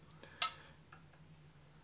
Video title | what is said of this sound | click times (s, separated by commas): How To Replace The Seal On A Canister/Tower Style Toilet Flush Valve (KOHLER/AMERICAN STANDARD) | and just turn this back clockwise you'll hear click in | 0.4 s